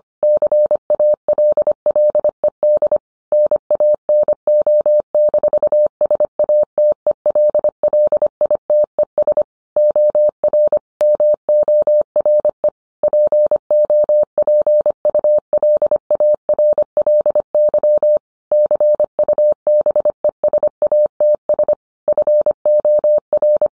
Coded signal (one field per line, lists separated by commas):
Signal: Morse code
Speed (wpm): 25 wpm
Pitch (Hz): 600 Hz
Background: none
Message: CALLED NANO-SATELLITES OR MORE POPULARLY CUBESATS FOR